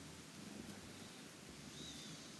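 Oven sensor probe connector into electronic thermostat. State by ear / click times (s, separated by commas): not seated / none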